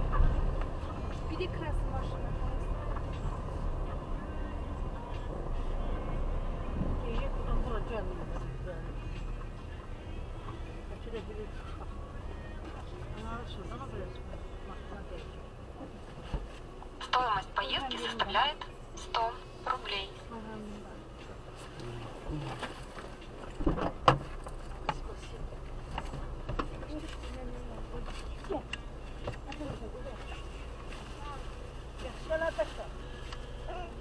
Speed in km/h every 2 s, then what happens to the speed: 8, 13, 11, 9, 8, 11, 8, 5, 3, 2, 2, 1, 1, 0, 1, 1, 3.
0-11 steady at about 9. 11-17 slows to 2. 17-31 standing.